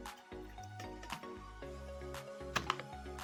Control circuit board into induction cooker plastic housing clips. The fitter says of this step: देखिए मेरा ये बोर्ड अभी लॉक हो गया, अभी बोर्ड तो उठेगा नहीं।